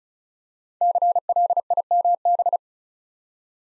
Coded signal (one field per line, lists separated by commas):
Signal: Morse code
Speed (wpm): 36 wpm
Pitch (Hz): 700 Hz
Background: none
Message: CLIMB